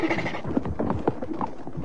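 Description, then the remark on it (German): A horse galloping away, its hooves pounding in a quick, uneven run of hollow thuds and clops over a rough, rumbling background, staying fairly loud throughout. “Ja, da, mein Pferd. Komm. Lauf, lauf, weg.”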